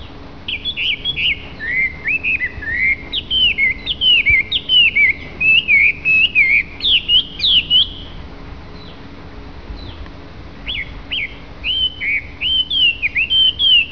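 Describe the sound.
Hwamei pouring out a long, varied whistled song, fast slurred notes tumbling in bursts, a brief pause partway through, then more rapid phrases; faint background hum.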